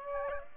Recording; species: mosquito wingbeat signal from an infrared sensor; Aedes aegypti